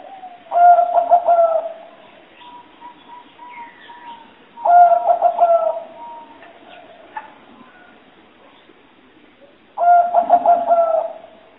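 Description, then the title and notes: Spotted dove giving three pulsed, throaty coo phrases about every four and a half seconds, with thin whistled notes in the gaps. Call used as a lure for trapping birds. "Pikat Burung Tekukur Paling Ampuh. Kumpulan suara burung tekukur paling ampuh"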